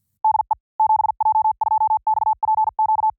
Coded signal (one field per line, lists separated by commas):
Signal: Morse code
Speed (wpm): 50 wpm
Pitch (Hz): 870 Hz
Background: none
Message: DE 7J2XPQ